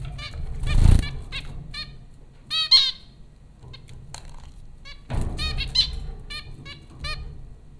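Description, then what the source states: Zebra finch calls, nasal trumpet-like beeps in short runs, interrupted by two rustling thuds, with a faint low hum behind. Four zebra finches recorded at Popcorn School, Flatbush, Brooklyn, New York, on April 15, 2009.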